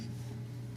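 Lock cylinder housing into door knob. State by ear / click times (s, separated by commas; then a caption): not seated / none. A lock cylinder housing is handled and fitted into the two gaps around the zinc ring of a tulip door knob during rekeying, over a steady low hum with faint rustling handling noise. Nothing has seated or clicked yet; the housing is not yet snapped home.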